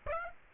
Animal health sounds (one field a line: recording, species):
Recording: mosquito wingbeat signal from an infrared sensor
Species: Aedes aegypti